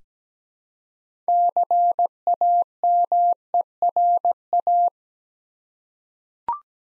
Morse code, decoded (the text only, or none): CAMERA